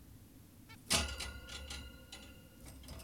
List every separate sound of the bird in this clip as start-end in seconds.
0.70-0.76